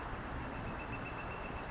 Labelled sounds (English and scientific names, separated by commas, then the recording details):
Northern Flicker (Colaptes auratus)
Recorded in Sonoma County, California